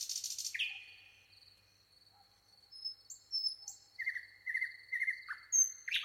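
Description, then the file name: Common nightingale: a harsh burst, then sparse high whistles and a few quick chirped notes separated by pauses, over a steady thin whine. "Luscinia megarhynchos"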